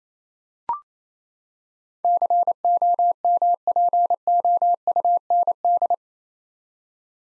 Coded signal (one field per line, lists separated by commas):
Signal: Morse code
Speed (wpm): 28 wpm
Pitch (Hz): 700 Hz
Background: none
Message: COMPOUND